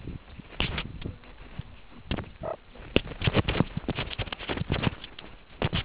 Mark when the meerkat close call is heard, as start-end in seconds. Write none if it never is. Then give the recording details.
2.43-2.54. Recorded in the Kuruman River Reserve, South Africa. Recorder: an audio tag on a meerkat's collar